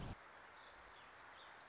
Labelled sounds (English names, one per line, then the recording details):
Warbling Vireo
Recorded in Sonoma County, California